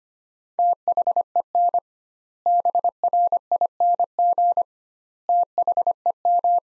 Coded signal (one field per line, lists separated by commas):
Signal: Morse code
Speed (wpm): 25 wpm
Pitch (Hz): 700 Hz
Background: none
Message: THEN BRING THEM